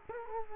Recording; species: mosquito wingbeat signal from an infrared sensor; Culex quinquefasciatus